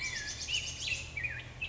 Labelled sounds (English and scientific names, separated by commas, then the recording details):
Black-headed Grosbeak (Pheucticus melanocephalus)
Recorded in Sonoma County, California